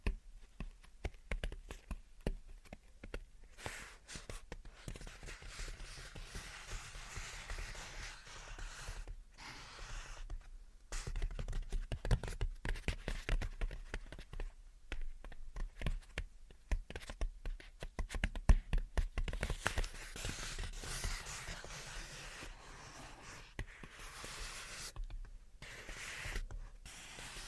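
Gentle tapping and scratching runs through the whole clip as a dense stream of quick, irregular clicks and soft scrapes. Brief silent gaps break it up now and then, and a louder, brighter stretch of scratching comes in around the middle and near the end.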